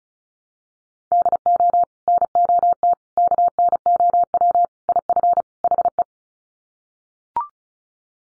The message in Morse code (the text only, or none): DO NOT KNOW IF HE